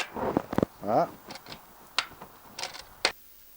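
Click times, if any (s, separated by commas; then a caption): 2.0 s, 3.0 s. A plastic part of an Oase garden pond skimmer is pushed into the grooves on both sides of the skimmer housing while someone talks. Two strong, sharp clicks at 2.0 s and 3.1 s mark the part clipping into place, one per side, and it is seated.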